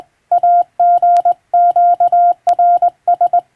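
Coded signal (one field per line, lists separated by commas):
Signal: Morse code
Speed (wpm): 20 wpm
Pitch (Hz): 700 Hz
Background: none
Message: AGQRS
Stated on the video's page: Morse practice from a European-language telegram sending practice book; radiotelegraph operator practice.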